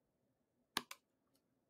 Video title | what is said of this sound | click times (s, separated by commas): 198. The Indestructible Battery - The Dark Energy Poseidon Pro | it takes a little bit you can hear an audible click | 0.8 s